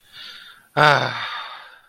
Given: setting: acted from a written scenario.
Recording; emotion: vocal sound without words; serenity